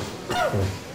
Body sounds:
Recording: coughing mixed with background sound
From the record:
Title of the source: Mid-morning Winter Coughing Fit

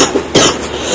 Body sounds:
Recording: coughing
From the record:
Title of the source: 34 coughing up crap again

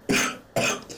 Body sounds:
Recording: coughing mixed with background sound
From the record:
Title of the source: Spring Cold Coughing 3

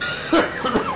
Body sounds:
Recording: coughing mixed with background sound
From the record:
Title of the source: Spring Allergy Coughing

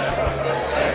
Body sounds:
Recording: background sound without coughing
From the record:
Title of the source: CITY SOUNDS Busy Bar in the Evening Night - 2 HOURS of Ambiance for Relaxation

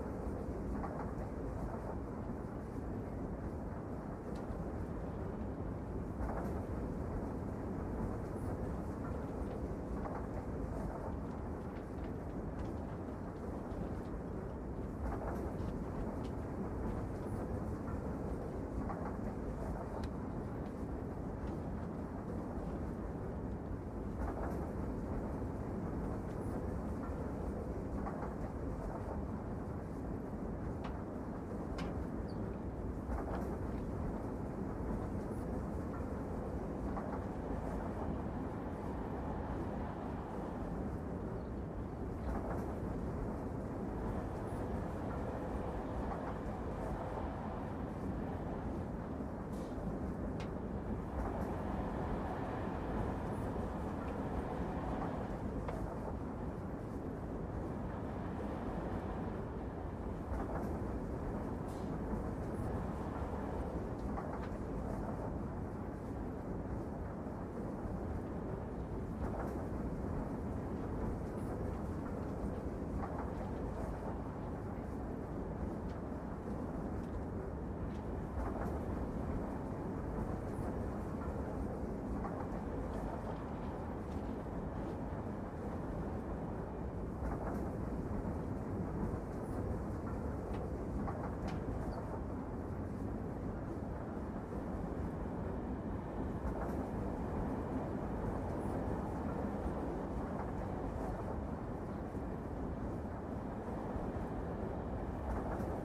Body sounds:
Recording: background sound without coughing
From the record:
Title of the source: Train Ride Ambience ambient white noise for sleeping, focus, studying, reading

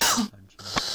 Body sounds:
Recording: coughing mixed with background sound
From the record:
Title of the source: November cold (wet coughing)

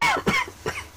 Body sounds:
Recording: coughing mixed with background sound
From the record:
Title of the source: Dry Coughing Fit in the Afternoon.

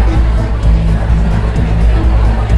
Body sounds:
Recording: background sound without coughing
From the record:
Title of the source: Party Noise 1 Hour Party Ambience

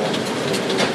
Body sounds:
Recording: background sound without coughing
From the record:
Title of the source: Office Sounds Ambience - Background Noise for Study and Work

